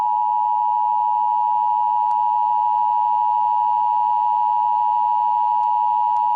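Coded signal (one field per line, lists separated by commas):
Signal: Emergency Alert System (SAME) tones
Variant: 853 and 960 Hz attention tone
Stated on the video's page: Fictional EAS scenario.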